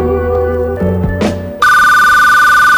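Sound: mobile phone ringing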